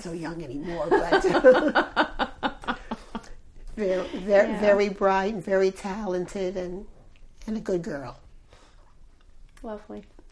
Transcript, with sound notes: Not so young anymore, but. [Laughter] Very bright and very talented and a good girl.
Lovely.